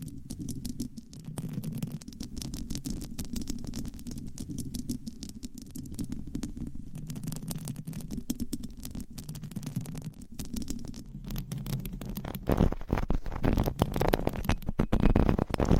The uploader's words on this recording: ASMR Mic Scratching - Brain Scratching with 9 Mics & DIY Mic Covers No Talking.